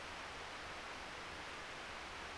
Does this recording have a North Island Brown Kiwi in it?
no